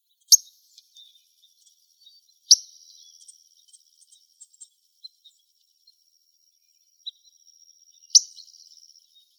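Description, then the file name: Pyrrhuloxia calling with three sharp metallic chips spaced a few seconds apart, a thin steady insect-like hum running underneath and scattered faint ticks. Calls recorded in Arizona. "PYRR CALLS deviche"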